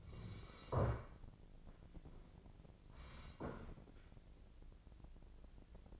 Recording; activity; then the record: daily activity, microphone in the room; sit down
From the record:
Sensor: 5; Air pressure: 1012.4 hPa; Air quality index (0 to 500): 157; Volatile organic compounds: 2 ppm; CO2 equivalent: 1074 ppm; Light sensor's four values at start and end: 270/643/276/307 and 268/639/274/305